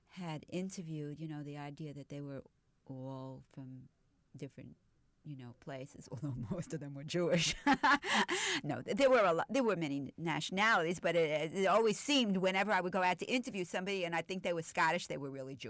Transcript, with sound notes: had interviewed, you know, the idea that they were all from different, you know, places, although most of them were Jewish. (She laughs.) No, there were a lot, there were many nationalities, but it always seemed whenever I would go out to interview somebody and I'd think they were Scottish, they were really Jewish.